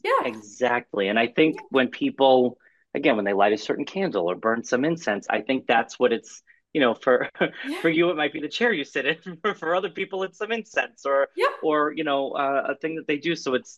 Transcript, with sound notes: exactly. And I think when people, again, when they light a certain candle or burn some incense, I think that's what it's, you know, for (laughs) -
Yeah.
... for you it might be the chair you sit in. For, for other people, it's some incense or-
Yeah.
... or, you know, a, a thing that they do.